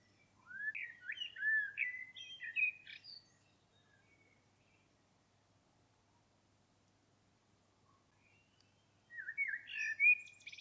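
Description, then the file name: Common blackbird song: a low fluted warbling phrase with squeaky higher notes, a long pause, then a second phrase near the end. "Turdus merula"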